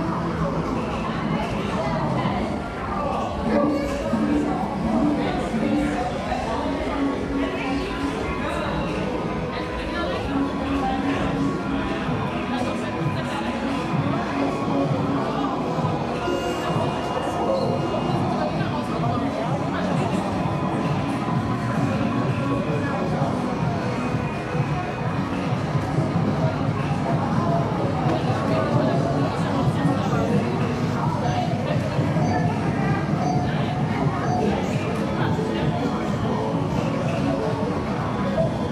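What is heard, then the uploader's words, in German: Inside a busy gaming arcade, a dense, steady wash of voices and machine sounds fills the room without pause. Chatter mixes with electronic tones and beeps, while a low rumble runs underneath. The level stays loud and even, with small flurries of activity throughout. Klangreise in eine euphorische Gaming Arcade. Automaten, spielende Menschen.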